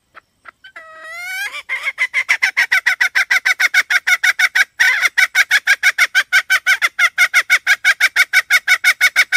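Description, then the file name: Red junglefowl hen cackling: a few short wavering notes build into a long, steady series of harsh clucks, roughly three each second. "tieng ga mai rung"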